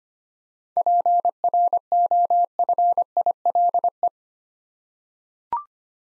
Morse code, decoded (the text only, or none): PROFILE